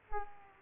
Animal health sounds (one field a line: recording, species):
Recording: mosquito wingbeat signal from an infrared sensor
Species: Aedes aegypti